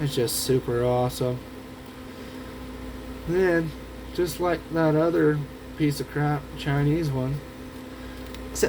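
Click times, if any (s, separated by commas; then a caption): 8.3 s. A male XLR plug on a freshly made patch cable is pushed into a female XLR connector, and its metal latch clicks home at 8.4 seconds, praised as crisper than a cheap connector. Someone talks over a steady low hum before the short, sharp click near the end.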